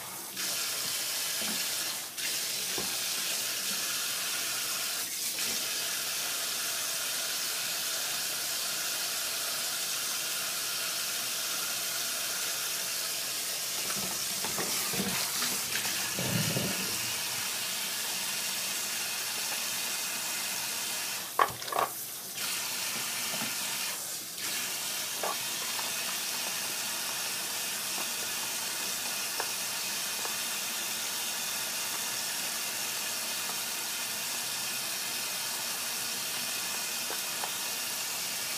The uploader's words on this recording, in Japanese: 環境音 弁当用につくりおき。